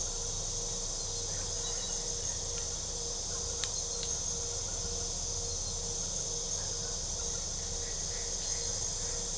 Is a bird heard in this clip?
no